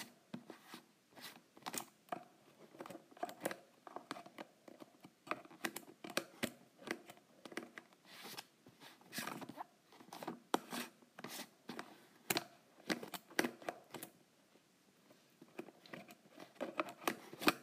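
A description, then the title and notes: A lid is unscrewed in a long run of short, dry clicks and scrapes, each turn giving a bright ticking burst. The bursts come irregularly but densely across the whole clip, with brief quieter gaps near twelve and fourteen seconds. ASMR Lid Unscrewing.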